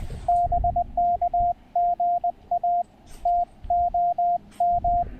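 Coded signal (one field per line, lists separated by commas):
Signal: Morse code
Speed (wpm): 20 wpm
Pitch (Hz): 690 Hz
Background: radio noise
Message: BK GA TOM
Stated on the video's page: POTA activation pile-ups on 20 meters using a Penntek TR-35 transceiver and a Chelegance MC-750 antenna.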